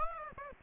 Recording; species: mosquito wingbeat signal from an infrared sensor; Aedes aegypti